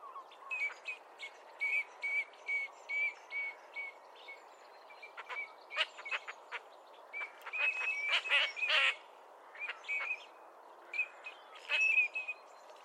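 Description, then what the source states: Eurasian Teal display calls: a regular series of short whistles, then a denser, busier flurry of chimes and sharper notes from several birds. Group of displaying teals; males give chimes and whistles, females give rather high-pitched quacks.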